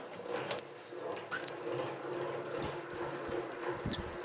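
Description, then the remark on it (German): An old homemade honey extractor for three combs, a free-swing type with no casing, squeaks as it turns at a museum in Feucht, giving sharp, high-pitched chirps about every half second over a low mechanical rumble and faint rattling. “Die hier quietscht.”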